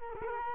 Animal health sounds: mosquito wingbeat signal from an infrared sensor; Culex quinquefasciatus

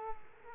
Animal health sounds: mosquito wingbeat signal from an infrared sensor; Culex quinquefasciatus

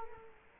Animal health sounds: mosquito wingbeat signal from an infrared sensor; Culex quinquefasciatus

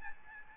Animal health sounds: mosquito wingbeat signal from an infrared sensor; Aedes albopictus

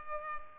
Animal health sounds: mosquito wingbeat signal from an infrared sensor; Culex pipiens

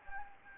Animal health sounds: mosquito wingbeat signal from an infrared sensor; Anopheles gambiae

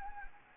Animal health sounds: mosquito wingbeat signal from an infrared sensor; Anopheles gambiae

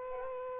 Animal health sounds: mosquito wingbeat signal from an infrared sensor; Aedes aegypti

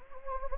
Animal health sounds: mosquito wingbeat signal from an infrared sensor; Anopheles gambiae

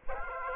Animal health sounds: mosquito wingbeat signal from an infrared sensor; Aedes aegypti

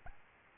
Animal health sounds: mosquito wingbeat signal from an infrared sensor; Aedes albopictus

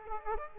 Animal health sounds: mosquito wingbeat signal from an infrared sensor; Aedes aegypti

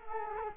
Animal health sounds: mosquito wingbeat signal from an infrared sensor; Culex quinquefasciatus

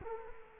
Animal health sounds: mosquito wingbeat signal from an infrared sensor; Culex quinquefasciatus

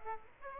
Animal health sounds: mosquito wingbeat signal from an infrared sensor; Aedes aegypti

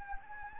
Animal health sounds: mosquito wingbeat signal from an infrared sensor; Anopheles gambiae

